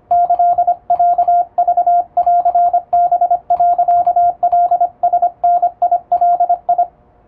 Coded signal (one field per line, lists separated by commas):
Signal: Morse code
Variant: Japanese Wabun code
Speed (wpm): 25 wpm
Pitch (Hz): 700 Hz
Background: radio noise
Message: キロクンハ、カラダガ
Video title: 無線通信士のモールス電気通信術の練習で、エレキーを使ってみました！和文モールス符号の平文です！少し早いですが、YouTubeの再生速度を調整して聴いてみよう(morse code practice)